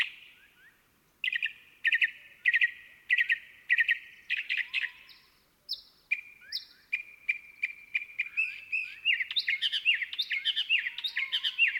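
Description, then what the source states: Northern mockingbird song: varied phrases, each repeated several times, shifting from buzzy chattering notes to clear whistled slurs and ending in a fast stuttering run. Abundant in the Sonoran Desert at Organ Pipe National Monument, southern Arizona; recorded late March 2017 with binaural microphones; varied utterances often dominate the desert soundscape.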